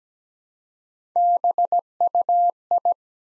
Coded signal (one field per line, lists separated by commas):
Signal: Morse code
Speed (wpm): 17 wpm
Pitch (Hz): 700 Hz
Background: none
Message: BUI